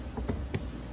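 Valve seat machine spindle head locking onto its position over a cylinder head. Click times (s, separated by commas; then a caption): 0.5 s. On a valve seat machine, the cutter head, centred on the pilot in the cylinder head while free floating, is locked in place by the machine. Two softer knocks at about 0.2 s and 0.3 s come before a short, sharp metallic hit at 0.5 s. The spindle head is then locked in its position over the cylinder head.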